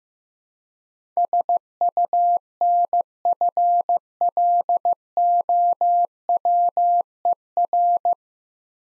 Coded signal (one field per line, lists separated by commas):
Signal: Morse code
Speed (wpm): 15 wpm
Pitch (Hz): 700 Hz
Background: none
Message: SUNFLOWER